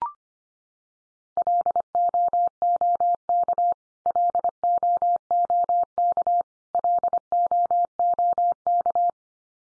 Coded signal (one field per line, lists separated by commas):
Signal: Morse code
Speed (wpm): 25 wpm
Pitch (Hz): 700 Hz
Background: none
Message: LOOK LOOK LOOK